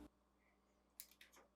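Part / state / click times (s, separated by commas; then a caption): refrigerator door light switch into the retaining slot of the middle cover assembly / not seated / none. A refrigerator door light switch is lined up with a plastic retaining slot in the middle cover assembly (part WR17X13226) of a GE refrigerator, then depressed and pushed in by hand. A brief burst at the start gives way to quiet, then sharp handling taps land at about 1.0, 1.1 and 1.2 seconds, with a softer scrape near 1.4 seconds. Nothing has seated or clicked yet.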